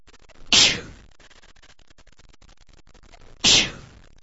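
Adult male. A sneeze, followed by nose blowing.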